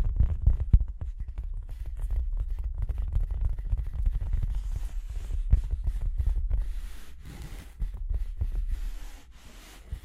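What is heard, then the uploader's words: Tapping and scratching, with dense, irregular clicks and brief taps scattered through the whole ten seconds over a low, rumbling undertone. The first second is busiest and loudest. Later the texture thins into lighter scraping and sparse ticks, and it is quieter near the end. Tapping and Scratching (No Talking).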